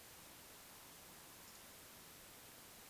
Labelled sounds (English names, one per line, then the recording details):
Eurasian Woodcock whistle
Eurasian Woodcock croak
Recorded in Baden-Württemberg, Germany, on 21 June 2020 at 02:22 UTC
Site 49006, 684 m above sea level